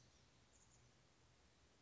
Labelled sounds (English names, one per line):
Chestnut-backed Chickadee